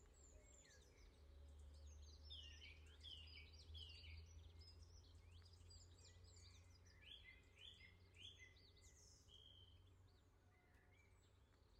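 Birds sing outside a window at dawn, several voices overlapping in a busy chorus of bright chirps, trills and whistles that carries on throughout. A steady low rumble, like traffic or a hum, sits underneath the whole time.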